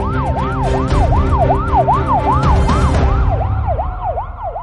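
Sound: police car siren approaching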